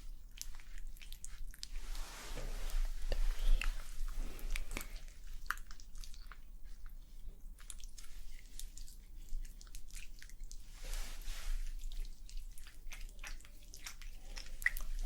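Scalp massage and hair washing sounds: a dense run of small wet clicks, taps and crackles, with soft hissing swells of rubbing around two to four seconds and again near eleven. A low steady hum sits underneath throughout.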